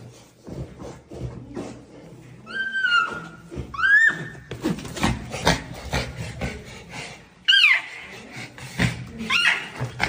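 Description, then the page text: Red panda squeals, several sharp cries over ongoing scuffling, rustling and thumping noises. Cubs fighting. "Fighting 🍼🍼🍼 #ailurusfulgens"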